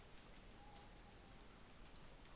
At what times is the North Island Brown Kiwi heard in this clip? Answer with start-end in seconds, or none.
none